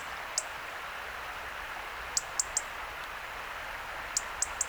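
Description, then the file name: European robin giving sharp, very high ticking notes: one alone, then two quick runs of three, over a steady rushing hiss. "Erithacus rubecula"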